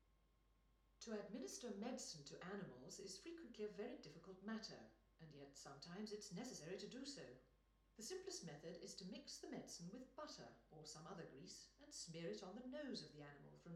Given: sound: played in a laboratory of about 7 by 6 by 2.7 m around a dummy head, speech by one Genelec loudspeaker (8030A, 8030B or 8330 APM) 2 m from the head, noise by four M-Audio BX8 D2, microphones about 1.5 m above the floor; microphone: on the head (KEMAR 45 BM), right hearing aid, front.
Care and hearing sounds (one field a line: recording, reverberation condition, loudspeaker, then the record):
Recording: female speech in English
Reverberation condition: medium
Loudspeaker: 120 degrees to the right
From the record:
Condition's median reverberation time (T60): about 510 ms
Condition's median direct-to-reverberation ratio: about -0.5 dB